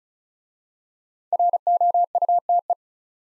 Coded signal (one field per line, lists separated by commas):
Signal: Morse code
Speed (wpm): 36 wpm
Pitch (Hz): 700 Hz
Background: none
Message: ROUTE